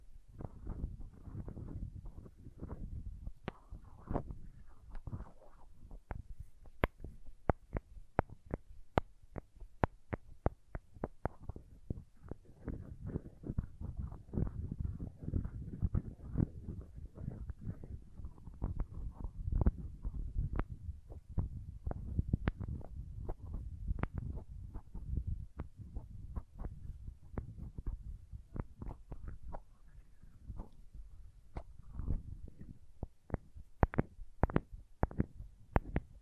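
Crayons tap and scrape against a surface in a dense, uneven stream of small clicks and knocks for the full length. Sharp bright taps stand out, especially in the first ten seconds and near the end, over a low, soft rumbling scrape.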